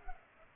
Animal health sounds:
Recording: mosquito wingbeat signal from an infrared sensor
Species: Culex pipiens

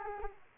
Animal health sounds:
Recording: mosquito wingbeat signal from an infrared sensor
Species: Aedes aegypti

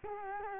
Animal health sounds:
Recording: mosquito wingbeat signal from an infrared sensor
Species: Culex quinquefasciatus

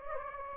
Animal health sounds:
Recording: mosquito wingbeat signal from an infrared sensor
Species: Anopheles gambiae

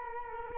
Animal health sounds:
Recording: mosquito wingbeat signal from an infrared sensor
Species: Culex quinquefasciatus

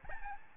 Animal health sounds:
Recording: mosquito wingbeat signal from an infrared sensor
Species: Aedes albopictus

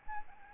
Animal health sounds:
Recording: mosquito wingbeat signal from an infrared sensor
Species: Aedes albopictus

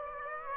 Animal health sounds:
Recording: mosquito wingbeat signal from an infrared sensor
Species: Aedes aegypti

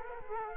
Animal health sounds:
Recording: mosquito wingbeat signal from an infrared sensor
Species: Culex quinquefasciatus

